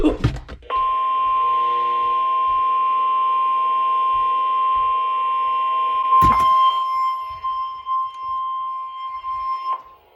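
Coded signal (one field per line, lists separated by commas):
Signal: Emergency Alert System (SAME) tones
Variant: 1050 Hz attention tone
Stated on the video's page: Real tests, watches and warnings recorded from a NOAA Weather Radio station in Texas.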